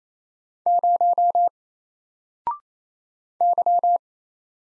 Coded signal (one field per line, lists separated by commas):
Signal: Morse code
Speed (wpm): 27 wpm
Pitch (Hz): 700 Hz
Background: none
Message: 0 Y